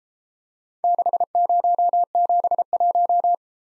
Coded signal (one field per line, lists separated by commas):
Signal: Morse code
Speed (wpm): 33 wpm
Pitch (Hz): 700 Hz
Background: none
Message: 6071